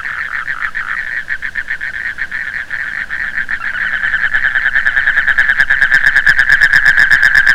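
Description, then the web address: Frog calls as rapid rattling pulses, uneven at first, then building into a louder, steadier trill over the last few seconds. "Frogs World"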